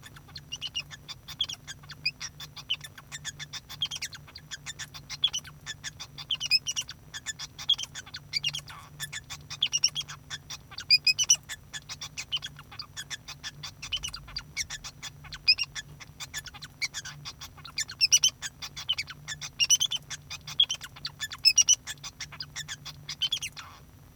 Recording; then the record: song of a male Bengalese finch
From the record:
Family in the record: son of father 2